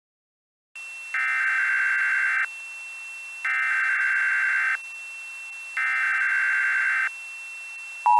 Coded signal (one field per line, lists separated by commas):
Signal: Emergency Alert System (SAME) tones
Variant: header bursts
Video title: EAS Scenario - The Wind and Spores